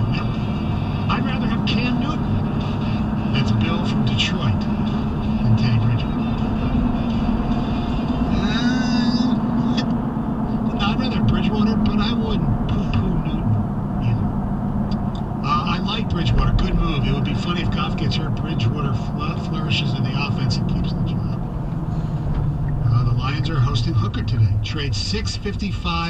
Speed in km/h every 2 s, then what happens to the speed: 71, 72, 74, 79, 76, 69, 66, 63, 61, 60, 58, 35, 19.
0-7 speeds up to 79. 7-26 slows to 19.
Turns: none.